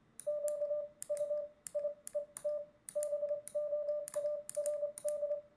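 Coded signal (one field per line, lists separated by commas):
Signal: Morse code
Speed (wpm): 25 wpm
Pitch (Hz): 590 Hz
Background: none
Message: QUIET BOARD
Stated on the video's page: Morse code keyed into a computer through a Vail adapter for CW practice.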